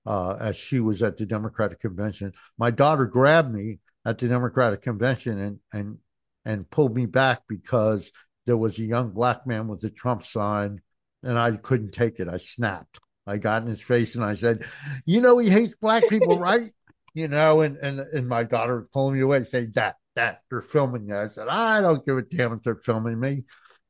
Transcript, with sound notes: as she was at the Democratic Convention. My daughter grabbed me at the Democratic Convention and, and, and pulled me back because there was a young Black man with a Trump sign, and I couldn't take it. I snapped.
I got in his face, and I said, "You know he hates Black people, right?"
(laughs)
You know, and, and, and my daughter pulled me away and said, "Da, Dad, they're filming you." I said, "Ah, I don't give a damn if they're filming me."